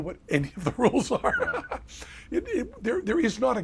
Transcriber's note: laughs